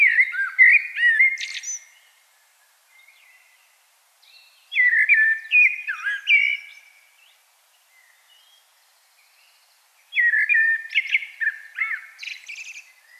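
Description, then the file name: Common blackbird delivering three separate song phrases, mellow whistled warbles, some ending in thin, higher twittering flourishes, spaced roughly five seconds apart. "Turdus merula"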